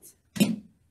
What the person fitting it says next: so you heard that click so now it's open